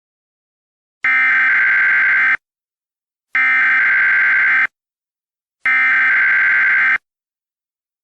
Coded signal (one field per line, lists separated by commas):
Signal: Emergency Alert System (SAME) tones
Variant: header bursts